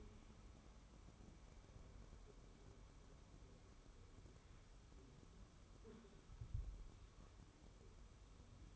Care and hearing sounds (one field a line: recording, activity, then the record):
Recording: daily activity, microphone in the room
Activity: wipe stove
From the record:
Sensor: 1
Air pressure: 1015.1 hPa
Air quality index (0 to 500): 65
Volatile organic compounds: 1 ppm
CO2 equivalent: 845 ppm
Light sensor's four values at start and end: 14/32/13/15 and 14/32/13/15